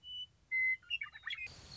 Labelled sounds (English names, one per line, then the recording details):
Western Meadowlark
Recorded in Sonoma County, California